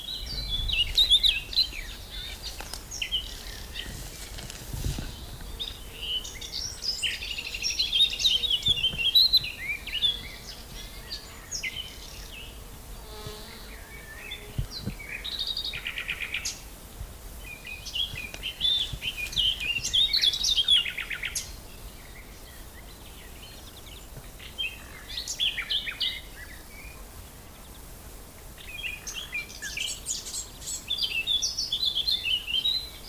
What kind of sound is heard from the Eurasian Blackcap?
song